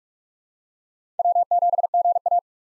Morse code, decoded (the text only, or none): W7GA